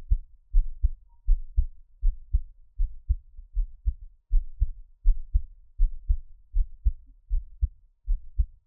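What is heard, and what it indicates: Steady, low-pitched paired thumps, lub-dub, repeat at about 80 beats a minute in a regular rhythm, with no talking or other sounds. It is an adult's own heartbeat heard close up, offered for relaxing listening.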